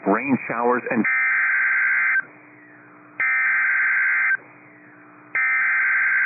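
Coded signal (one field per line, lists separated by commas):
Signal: Emergency Alert System (SAME) tones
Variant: header bursts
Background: speech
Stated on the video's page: Severe thunderstorm warning from a NOAA Weather Radio station in Madison, Wisconsin.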